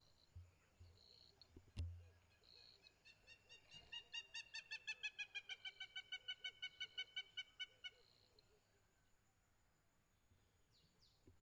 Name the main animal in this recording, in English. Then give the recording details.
Hamerkop. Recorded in northern Uganda